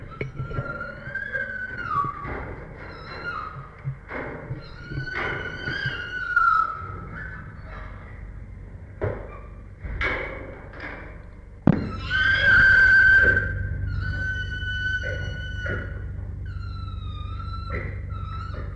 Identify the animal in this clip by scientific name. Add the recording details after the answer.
Pan troglodytes. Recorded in captivity. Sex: diverse. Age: adult. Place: Tierpark Berlin, Berlin, DE. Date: 1961-01-23. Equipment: Smaragd. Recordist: Korde and Stein. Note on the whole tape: S 579 b): Monika: Trampeln; Orang (Jussub): Quieken; Susi: Freßlaute; Monika: Trampeln, Schreien; Susi: schreit; Monika: Trampeln, Futterbetteln; Orang: Quieken, wütend Betteln (Berufspraktikum-Protokoll)